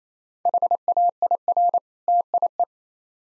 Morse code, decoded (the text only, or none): HAIR TIE